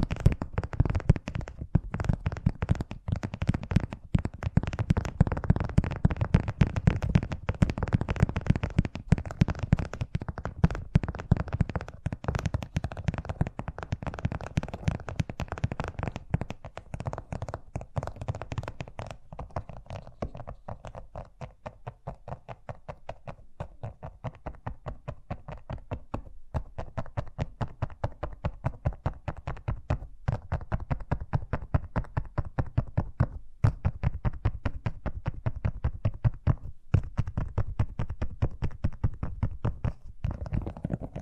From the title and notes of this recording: ASMR Braingasm Inducing Fast Tapping (No Talking).